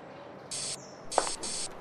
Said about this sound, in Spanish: ¿qué es eso que me estás poniendo? Es un spray para darte reflejos rubios.